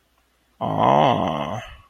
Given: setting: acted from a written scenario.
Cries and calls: vocal sound without words; desire

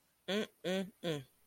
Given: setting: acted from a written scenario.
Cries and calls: vocal sound without words; contempt

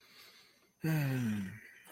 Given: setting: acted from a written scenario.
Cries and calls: vocal sound without words; serenity

